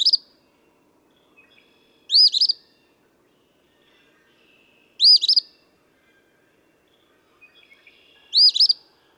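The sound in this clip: Eastern phoebe delivering its buzzy fee-bee song about every three seconds, with faint twittering notes from other birds between phrases.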